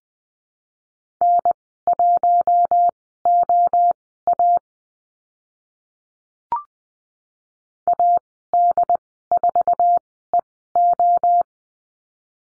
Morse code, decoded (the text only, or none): N1OA AD4EO